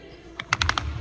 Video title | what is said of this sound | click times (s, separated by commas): Day in the life of an Electrician:Fitting bespoke lights at the farm. | So once it starts clicking, that's it locking in. | 0.4 s, 0.5 s, 0.6 s, 0.7 s, 0.8 s